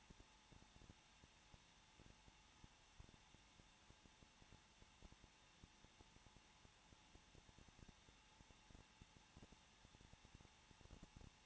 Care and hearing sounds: daily activity, microphone in the room; no activity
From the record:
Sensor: 1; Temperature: 20.0 degrees Celsius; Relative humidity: 39.5%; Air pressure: 1006.4 hPa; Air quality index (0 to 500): 219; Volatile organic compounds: 83 ppm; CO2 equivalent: 3629 ppm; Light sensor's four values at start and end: 1/2/1/1 and 1/2/1/1

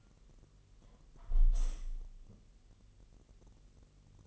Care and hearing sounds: daily activity, microphone in the room; close window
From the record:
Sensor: 4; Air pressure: 1001.1 hPa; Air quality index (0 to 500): 245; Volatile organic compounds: 43 ppm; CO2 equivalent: 3189 ppm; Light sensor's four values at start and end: 9/20/8/7 and 9/19/8/7

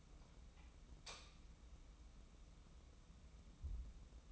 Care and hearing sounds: daily activity, microphone in the room; light on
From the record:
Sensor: 1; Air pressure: 994.4 hPa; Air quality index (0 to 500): 224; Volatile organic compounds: 1000 ppm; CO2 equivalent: 8081 ppm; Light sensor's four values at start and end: 121/275/123/133 and 123/285/126/136

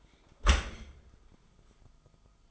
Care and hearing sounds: daily activity, microphone in the room; close dishwasher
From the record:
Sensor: 5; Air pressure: 1004.7 hPa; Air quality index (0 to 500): 93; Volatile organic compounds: 2 ppm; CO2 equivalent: 1124 ppm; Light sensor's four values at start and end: 32/73/30/29 and 32/74/30/30

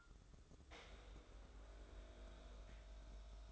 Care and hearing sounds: daily activity, microphone in the room; make coffee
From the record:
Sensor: 3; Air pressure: 995.2 hPa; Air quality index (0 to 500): 72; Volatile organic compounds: 4 ppm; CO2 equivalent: 1654 ppm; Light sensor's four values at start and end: 17/50/21/18 and 17/50/21/18

